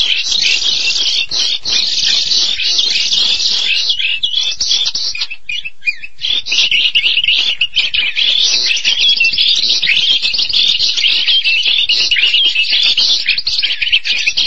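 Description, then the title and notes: Starling delivering continuous, dense scratchy chatter and reedy whistles, with a short lull midway. "suara burung jalak"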